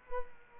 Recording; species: mosquito wingbeat signal from an infrared sensor; Culex quinquefasciatus